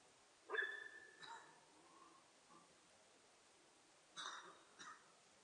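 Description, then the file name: Sika deer calls: a whistle followed by several shorter, fainter calls at uneven gaps over a steady hiss. Recorded in Japan on 4 November 2006. "061104 nihonjika"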